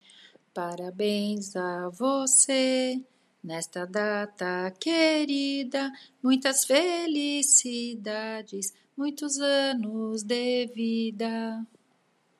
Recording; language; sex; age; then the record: short text; Brazilian Portuguese; female; 50 to 59 years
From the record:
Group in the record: control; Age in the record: 51 years